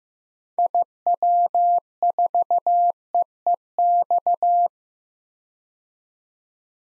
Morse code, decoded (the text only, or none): IW4EEX